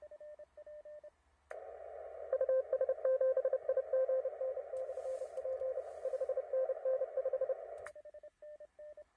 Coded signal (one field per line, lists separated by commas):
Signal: Morse code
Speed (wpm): 30 wpm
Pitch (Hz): 520 Hz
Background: radio noise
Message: US7IGN/P 5NN5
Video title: #HamRadio Live! 807 For You Mom. Elecraft K4D Numbers Released #Shortwave And HF Forecast For Today